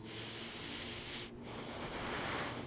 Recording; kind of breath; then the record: one breath in and out by a microphone near the nose and mouth; deep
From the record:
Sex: male